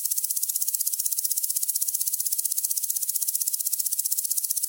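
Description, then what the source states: Grasshopper stridulation, a continuous high, rasping buzz of rapid pulses, even and steady from start to finish. Grasshoppers in summer; described as not particularly tuneful but a summery, happy sound.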